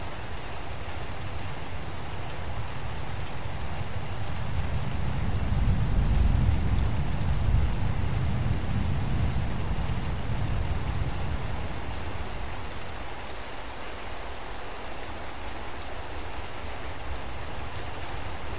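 Steady, dense rain patters through a forest, while a low thunder rumble swells from about five to eleven seconds, then fades.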